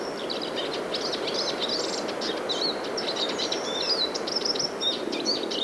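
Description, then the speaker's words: Eurasian siskin in steady song, rapid high twitters and scratchy trills, over gentle continuous background noise. Male singing quietly from a small spruce tree near a lake in Tyresta National Park, Sweden, in winter; recorded with a parabola. "Not far away from the great tit, I found this wonderful Eurasian siskin, a male bird in song."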